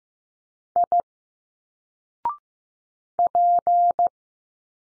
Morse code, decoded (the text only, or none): I P